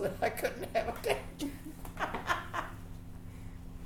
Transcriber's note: laughter